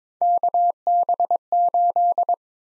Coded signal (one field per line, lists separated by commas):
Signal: Morse code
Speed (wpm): 22 wpm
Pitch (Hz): 700 Hz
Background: none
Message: KB8